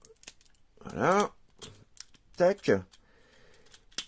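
A large plastic transforming robot toy has its head section folded into place while someone talks. Several small plastic clicks and handling taps are heard. The plastic latch snaps shut with a sharp, clear click at 4.0 s, and the head is seated.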